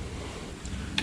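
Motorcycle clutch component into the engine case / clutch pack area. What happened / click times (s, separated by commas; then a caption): A metal part dropped home into its seat / 1.0 s. A clutch part is dropped down into its seat in the engine case's clutch pack area on a 2008–2012 Kawasaki Ninja 250R during a clutch replacement. A steady low rumble and hiss runs underneath until a single sharp hit at 0.98 s, when the part seats into place.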